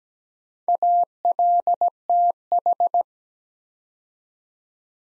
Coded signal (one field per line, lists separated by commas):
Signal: Morse code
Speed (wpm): 17 wpm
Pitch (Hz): 700 Hz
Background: none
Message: ALTH